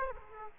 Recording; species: mosquito wingbeat signal from an infrared sensor; Aedes aegypti